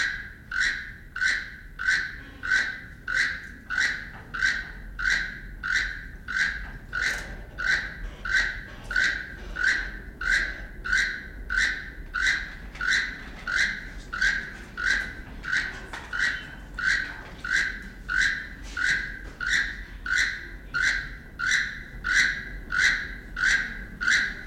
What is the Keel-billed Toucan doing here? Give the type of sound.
call